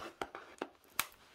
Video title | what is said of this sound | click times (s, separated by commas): It's an emotional unboxing for me. All Cats DO Go To Heaven by Mandie Manzano - Diamond Art Club. | there you go your little click | 1.0 s